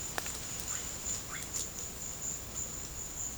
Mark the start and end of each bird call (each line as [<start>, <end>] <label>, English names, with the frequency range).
[1.20, 1.43] Russet-backed Oropendola (0.4-2.0 kHz)